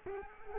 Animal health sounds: mosquito wingbeat signal from an infrared sensor; Culex quinquefasciatus

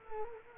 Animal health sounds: mosquito wingbeat signal from an infrared sensor; Culex quinquefasciatus

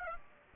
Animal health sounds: mosquito wingbeat signal from an infrared sensor; Aedes aegypti

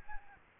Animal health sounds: mosquito wingbeat signal from an infrared sensor; Aedes albopictus

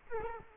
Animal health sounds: mosquito wingbeat signal from an infrared sensor; Culex quinquefasciatus

